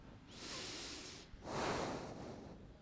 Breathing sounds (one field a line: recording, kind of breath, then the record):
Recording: one breath in and out by a microphone near the nose and mouth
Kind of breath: deep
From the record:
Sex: male